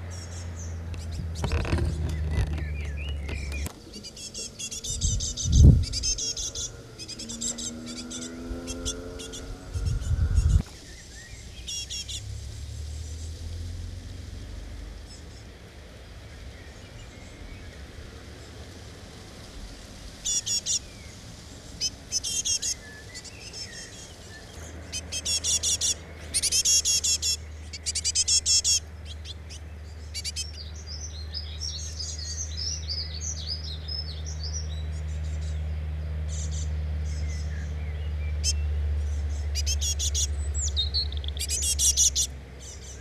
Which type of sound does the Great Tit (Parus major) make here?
begging call